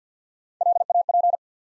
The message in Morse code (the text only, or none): LAP